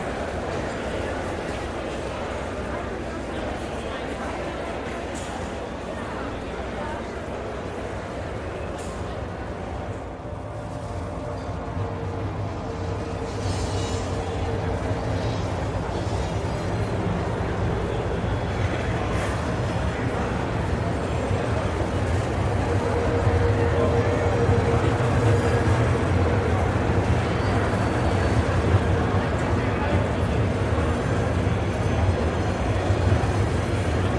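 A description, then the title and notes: A busy train station hums with a dense, steady wash of crowd chatter and low rumbling from machinery and traffic. The din stays constant, growing somewhat louder after about twenty seconds, with a faint tonal whine drifting through the middle of the recording. Busy Train Station - White Noise. The noise of a busy and bustling train station.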